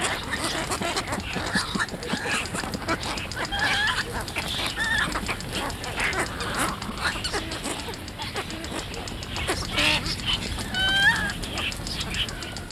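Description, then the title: Cattle egrets calling in a colony, a dense overlapping chatter of harsh, guttural croaks and clucks with a few higher squeaky notes near the end. Mostly white heron; crown, breast and back turn orange-brown when breeding; recently arrived in the Americas from Africa, spreading widely; follows cattle to eat flushed insects; nests in colonies. "Museo de Ciencias de Bahía Blanca. Garcita Bueyera"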